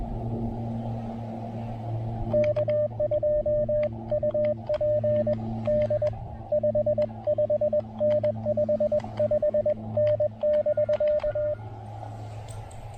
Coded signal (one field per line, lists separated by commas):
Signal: Morse code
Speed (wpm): 20 wpm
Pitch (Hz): 590 Hz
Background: radio noise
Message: K2UP D 55N 55N <BK>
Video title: Can the Elecraft AX1 get me through this activation? QRP POTA at Parc de la Plage Jacques Cartier!